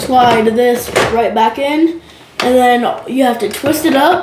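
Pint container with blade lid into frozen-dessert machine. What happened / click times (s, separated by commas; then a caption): Part is handled and slid into place but has not yet locked home / none. A pint container fitted with a blade lid is being slid back into a frozen-dessert machine, ready to be twisted up to lock in place. Someone talks throughout, over faint handling sounds. Nothing has seated or clicked yet, and the part is not yet home.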